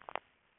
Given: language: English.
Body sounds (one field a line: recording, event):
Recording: throat vibration sensor signal played as sound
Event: swallow